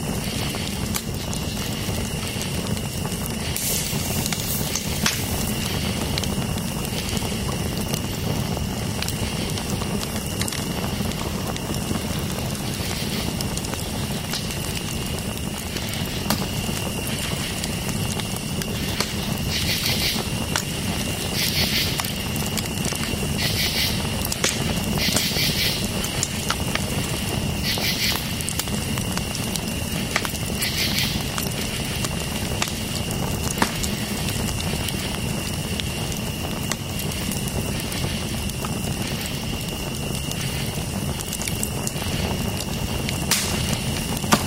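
A campfire crackles steadily with a low rumbling hiss, while insects chirp in short bright bursts and a thin steady whine runs throughout.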